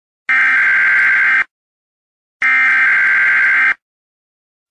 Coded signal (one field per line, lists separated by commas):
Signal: Emergency Alert System (SAME) tones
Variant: header bursts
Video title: Derecho Warning Initial Test (First EAS mock) *POSSIBLY VALID TONES*